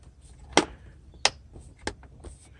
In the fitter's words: Clicks in here, and over here, if I lift it up, yep, it clicks in.